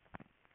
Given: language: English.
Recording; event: throat vibration sensor signal played as sound; swallow